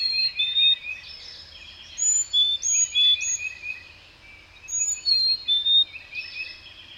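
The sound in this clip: Bird song in several phrases of high, thin whistles mixed with warbled chattering notes, separated by short gaps, steady faint hiss behind.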